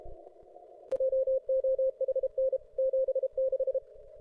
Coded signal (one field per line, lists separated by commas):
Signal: Morse code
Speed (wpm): 30 wpm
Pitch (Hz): 500 Hz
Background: radio noise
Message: JOHN 76